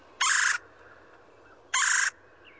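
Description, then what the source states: Red-bellied Woodpecker calls: two short, harsh, rolling notes about a second and a half apart. Woodpeckers near a home, mostly red-bellied, favoring one of the white pines there.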